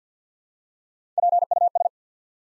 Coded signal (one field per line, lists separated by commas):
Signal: Morse code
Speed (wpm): 48 wpm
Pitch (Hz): 700 Hz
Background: none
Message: PUS